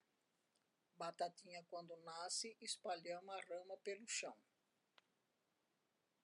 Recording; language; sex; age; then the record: short text; Brazilian Portuguese; female; 70 to 79 years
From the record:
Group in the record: control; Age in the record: 74 years